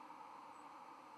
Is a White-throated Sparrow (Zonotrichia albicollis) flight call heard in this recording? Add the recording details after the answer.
no. Another species' flight call is heard. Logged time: 03:33 on 13 November 2014